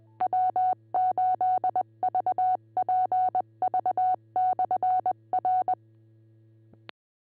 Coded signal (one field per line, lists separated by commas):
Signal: Morse code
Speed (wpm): 20 wpm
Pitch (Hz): 740 Hz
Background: none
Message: W8VPV/R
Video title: Cuyahoga Falls Amateur Radio Club - W8VPV - 2m/440 net 147.27+, 444.85+ 110.9 pl 8:00 PM, 3-16-26